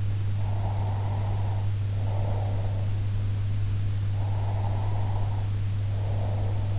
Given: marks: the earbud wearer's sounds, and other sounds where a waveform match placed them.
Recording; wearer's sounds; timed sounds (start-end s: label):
sounds in sleep by an in-ear microphone; breath
0.40-2.92 s: breath
4.17-6.79 s: breath